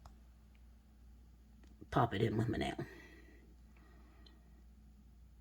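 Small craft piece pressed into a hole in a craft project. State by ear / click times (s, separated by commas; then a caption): seated / 4.3 s. A small craft piece is pressed with a fingernail into a little hole in a craft project while someone talks. A faint, sharp click at 4.3 s marks the piece seating in the hole.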